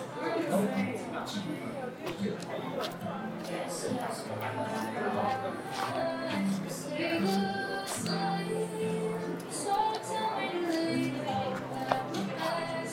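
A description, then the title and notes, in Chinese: An Apple store in Sanlitun, Beijing, at eight in the evening: a steady wash of many overlapping voices talking at once, with no single speaker standing out for long. Short clicks and knocks cut through the chatter throughout, and the level stays even. 晚上八点的Apple店｜城市声音。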